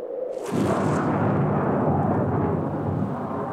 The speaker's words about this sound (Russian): Ветер дергал за одежду и гнал над головами черные тучи. «И кем же он станет?» «Чудесником, ты сам это прекрасно знаешь». Словно по команде над землей прокатился гром.